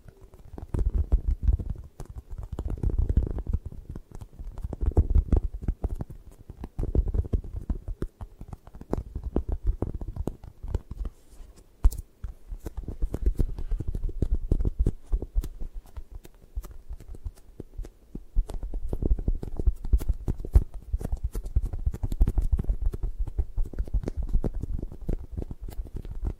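Tapping and scratching for an eye massage, made of quick, soft, muffled taps packed close together. For the first ten seconds they swell in bursts about every two seconds, then settle into a steadier, denser rubbing texture with scattered sharp ticks on top.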